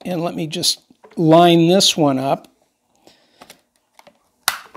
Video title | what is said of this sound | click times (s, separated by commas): UMLo Cordless Vacuum Cleaner, 400W Stick Vacuum Review, Lightweight and easy to use and with incredi | okay that snapped in place | 4.5 s